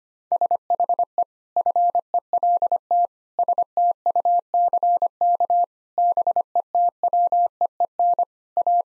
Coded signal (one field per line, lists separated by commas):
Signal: Morse code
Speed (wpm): 25 wpm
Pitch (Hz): 700 Hz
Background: none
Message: SHE FELT STUCK BETWEEN A